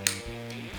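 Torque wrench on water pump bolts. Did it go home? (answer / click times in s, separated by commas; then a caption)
yes / 0.1 s. A torque wrench tightens the water pump bolts on a Porsche Boxster to 11 Nm. A single sharp click sounds at 0.1 s over a steady low hum, and the wrench reaches its 11 Nm setting.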